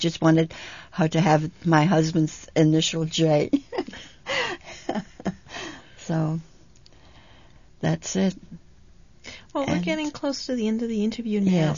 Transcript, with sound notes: I just wanted her to have my husband's initial "J." ( they laugh )
Well, we're getting close to the end of the interview now.